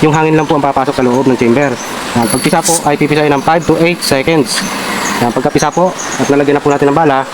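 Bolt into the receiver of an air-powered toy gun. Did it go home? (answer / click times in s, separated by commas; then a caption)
no / none. Someone talks while handling the bolt of an air-powered toy gun, after the chamber has been pumped and ammunition loaded, before the bolt goes into the receiver. Nothing has seated or clicked yet.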